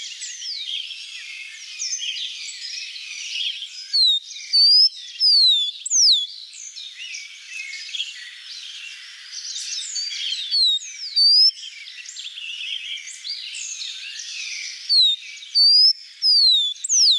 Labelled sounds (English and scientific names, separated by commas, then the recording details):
Rufous-collared Sparrow (Zonotrichia capensis) song
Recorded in the wild
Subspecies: costaricensis
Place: La Pacifica, San José, Umgebung Hotel, CR
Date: 1992-04-23
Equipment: Dat-Recorder Casio DA 7, Telinga DAT, Telinga-Parabolspiegel
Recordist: Schwarz, Dieter